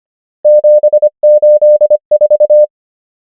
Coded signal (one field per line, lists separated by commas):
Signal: Morse code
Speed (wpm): 25 wpm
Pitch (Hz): 600 Hz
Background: none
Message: 7 8 4